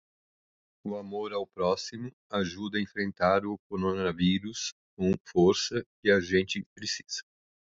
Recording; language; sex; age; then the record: spoken sentence; Brazilian Portuguese; female; 20 to 29 years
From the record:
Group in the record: control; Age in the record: 28 years